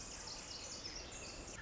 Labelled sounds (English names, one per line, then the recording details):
Pacific Wren
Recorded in Sonoma County, California